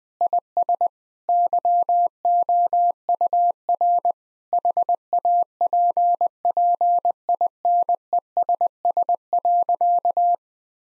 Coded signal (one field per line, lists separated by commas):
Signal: Morse code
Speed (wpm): 21 wpm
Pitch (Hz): 700 Hz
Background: none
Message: IS YOUR HAPPINESS.